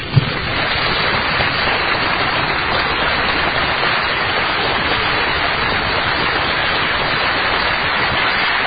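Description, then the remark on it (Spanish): An audience at a church service applauds for Christ Jesus, the dense clapping forming a continuous, even wash of sound that holds at the same loud level for the full length, with no voices over it. “Vamos a darle un aplauso a Cristo Jesús.”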